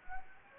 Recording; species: mosquito wingbeat signal from an infrared sensor; Anopheles gambiae